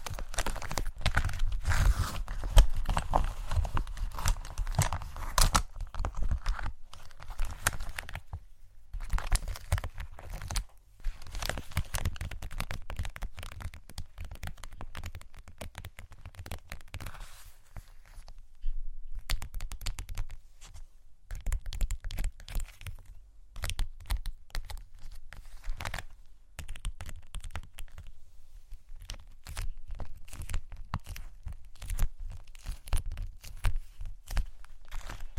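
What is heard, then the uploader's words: A microphone is brushed and rubbed, giving dense, scratchy rustling with a heavy low rumble and frequent sharp knocks. The handling is busiest and loudest in the first seven seconds, then thins into intermittent scrapes and taps separated by brief near-silent gaps. ASMR Fall Asleep To Mic Brushing & Tapping (No Talking).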